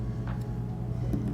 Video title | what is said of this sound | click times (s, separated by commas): Become a Suspension Pro: Ackermann Geometry Made Simple | clip it in and to clip it in I'm just giving the end a little squeeze on the slit there and it pops right in | 0.3 s